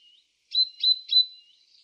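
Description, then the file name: Great tit giving three quick, bright metallic notes in a row after a faint soft note, over a quiet background. "Parus major"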